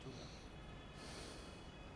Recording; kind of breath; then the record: one breath in and out by a microphone near the nose and mouth; deep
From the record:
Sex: male